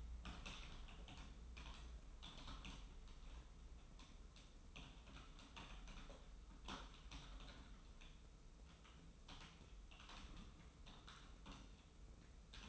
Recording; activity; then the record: daily activity, microphone in the room; typing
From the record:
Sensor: 1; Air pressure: 994.4 hPa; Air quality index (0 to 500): 220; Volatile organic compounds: 1000 ppm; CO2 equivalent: 7869 ppm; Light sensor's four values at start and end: 56/125/56/59 and 55/123/55/58